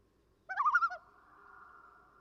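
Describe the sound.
Common loon giving a single quick quavering tremolo laugh lasting about half a second, followed by a fading steady tone.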